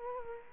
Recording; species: mosquito wingbeat signal from an infrared sensor; Culex quinquefasciatus